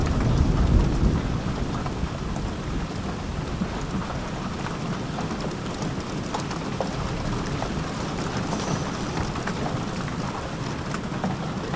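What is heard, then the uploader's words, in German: Steady, dense rain patters around a mountain hut, with a deep rumble of thunder swelling in the first second before easing into a constant low roar. Berghütte bei Gewitter.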